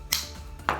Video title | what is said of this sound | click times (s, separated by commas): Beats Studio Buds Plus Unboxing | so that's cool and I do like the nice satisfying click | 0.1 s, 0.7 s